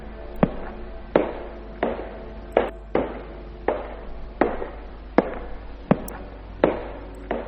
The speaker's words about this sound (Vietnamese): Tiếng bước chân trên hành lang rõ ràng lắm, và dường như nó y hệt như là tiếng bước chân ở nhà ông vậy.